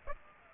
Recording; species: mosquito wingbeat signal from an infrared sensor; Aedes aegypti